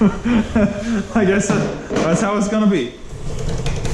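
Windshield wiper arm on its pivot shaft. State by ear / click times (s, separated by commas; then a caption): released / 3.7 s, 3.9 s. Someone talks while the second windshield wiper arm on a Nissan 350Z is rocked loose from its metal pivot shaft during a strip-down for weight reduction. Two quick knocks sound at 3.7 s and 3.9 s as the arm pops free of the pivot and comes off.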